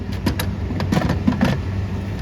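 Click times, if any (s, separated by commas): none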